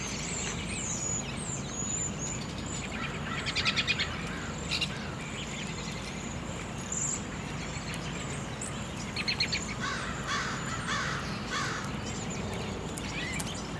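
Birds chirping in short bursts, quick trilled clusters around four and nine seconds with scattered whistles between, over constant low rushing noise.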